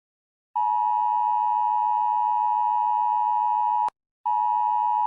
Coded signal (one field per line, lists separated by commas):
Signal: Emergency Alert System (SAME) tones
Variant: 853 and 960 Hz attention tone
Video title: Rating EAS alarms PART 3